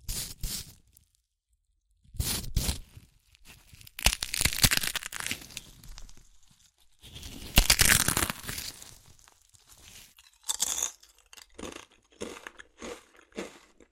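Crunchy chips are crushed and eaten in irregular bursts of crackling, each lasting a second or two with short silences between. The crunches are bright and crisp, with the densest stretches around four to six and seven to nine seconds, then quicker, shorter bites toward the end.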